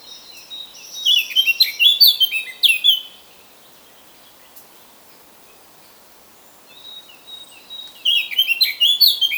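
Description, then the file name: Eurasian blackcap singing two fast, scratchy-to-fluty warbled phrases separated by roughly four seconds of near silence. "Sylvia atricapilla"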